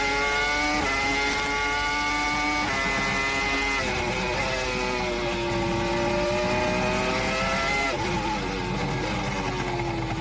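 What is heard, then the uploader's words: A Formula One race car engine screams at high pitch, its whine climbing and then dropping sharply several times as the driver shifts gears, roughly every one to three seconds. The loudness stays constant throughout, with a rough, gritty roar underneath the tone. Formula One Race Car.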